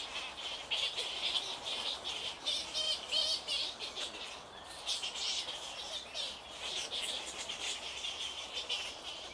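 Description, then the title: Bats squealing and chattering continuously, high buzzy squeaks overlapping in a busy, uneven chorus. Bats on Île Napoléon, Lake Kivu, Rwanda. "Ile Napoléon, lac Kivu, Rwanda - bats bats bats"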